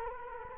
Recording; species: mosquito wingbeat signal from an infrared sensor; Culex quinquefasciatus